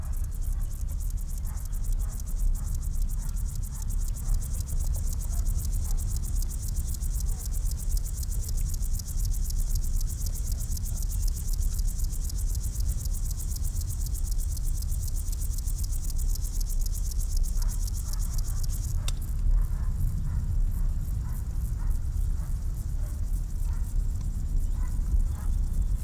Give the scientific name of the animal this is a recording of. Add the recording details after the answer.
Chorthippus apricarius. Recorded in the wild. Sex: pair. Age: imago. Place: Botanische Anlage Blankenfelde, Berlin, DE. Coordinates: 52.603, 13.4. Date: 1993-08-15 10:30. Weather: sonnig, 24-28°C. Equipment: Marantz CP 430, Sennheiser ME 80, Kopie Uher Variocord 263. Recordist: Tembrock, Günter